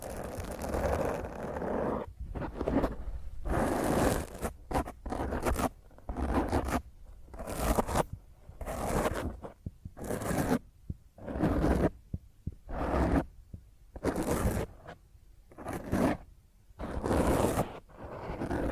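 Rough fingernail scratching across a microphone in quick, uneven bursts separated by short silences, each stroke harsh and gritty with a low rumbling thud.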